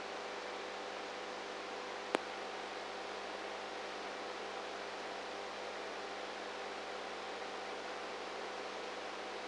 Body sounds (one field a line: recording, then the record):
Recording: brain microelectrode recording played as sound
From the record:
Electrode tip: inside the subthalamic nucleus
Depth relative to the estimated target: -1 mm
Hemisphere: right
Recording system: NeuroSet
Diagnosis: Parkinson's disease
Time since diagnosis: 19 years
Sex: female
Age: 58 years